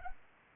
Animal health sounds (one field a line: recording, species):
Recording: mosquito wingbeat signal from an infrared sensor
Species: Anopheles arabiensis